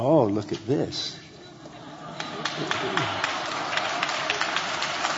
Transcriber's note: laughter; applause